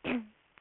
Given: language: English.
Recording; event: throat vibration sensor signal played as sound; throat clearing